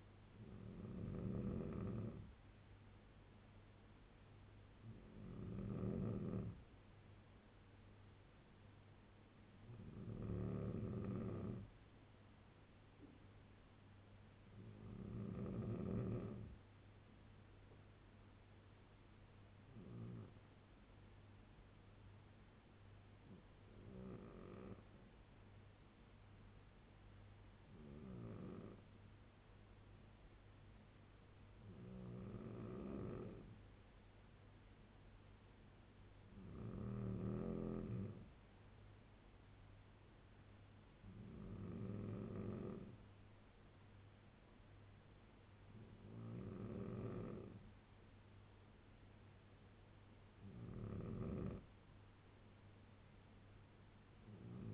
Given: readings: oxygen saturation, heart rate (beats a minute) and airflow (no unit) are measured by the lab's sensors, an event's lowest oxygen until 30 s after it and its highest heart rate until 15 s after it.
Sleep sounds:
breathing in sleep by a voice recorder at the bedside; 1
22.00-34.50 s: hypopnea (N3, oxygen 95% highest, then 93% lowest, heart rate 71 at the start, 74 highest)
From the record:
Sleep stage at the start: N3 (deep sleep); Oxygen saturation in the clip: 93 to 96%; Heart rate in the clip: 67 to 74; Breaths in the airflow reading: 12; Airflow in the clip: -3.9 to 4.4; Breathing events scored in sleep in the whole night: 201 in 6.5 hours asleep

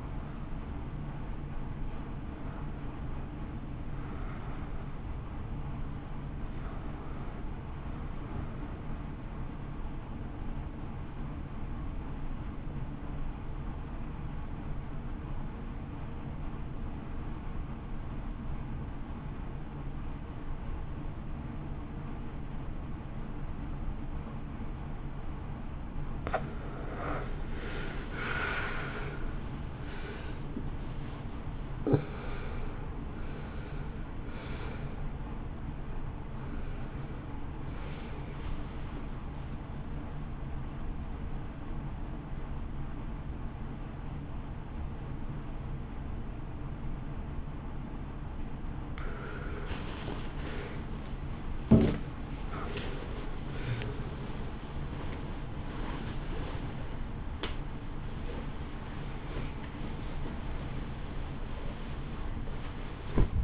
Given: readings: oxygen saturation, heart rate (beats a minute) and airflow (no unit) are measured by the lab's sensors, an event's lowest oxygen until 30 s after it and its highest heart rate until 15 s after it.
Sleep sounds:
a person awake in a sleep study, by a smartphone at the bedside; 1
0.00-15.00 s: awake
12.00-42.00 s: new sleep stage, N1 (lightest sleep)
15.00-27.20 s: obstructive apnea (N1, oxygen 93% highest, then 81% lowest, heart rate 57 at the start, 74 highest)
42.00-63.44 s: new sleep stage, awake
51.00-63.44 s: awake
From the record:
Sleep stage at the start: awake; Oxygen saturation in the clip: 81 to 93%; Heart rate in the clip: 56 to 74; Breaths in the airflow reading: 13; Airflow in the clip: -2.0 to 2.9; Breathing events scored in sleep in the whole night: 328 in 6.3 hours asleep

